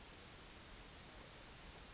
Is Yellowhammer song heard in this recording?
no